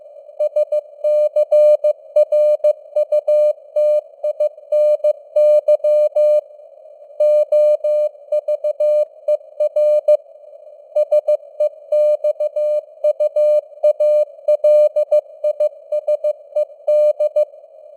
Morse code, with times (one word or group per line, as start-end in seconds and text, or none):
0.4-6.4 SCRUTINY
7.2-10.2 OVER
11.0-17.4 SEXUALISED